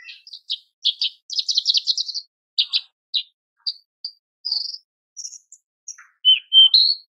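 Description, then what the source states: Horsfield's bush lark song: a fast run of trilled chirps, then separate high notes and a few clear whistles at the end. Cage-bird tutor (masteran) song of very active singing, used for training cage birds.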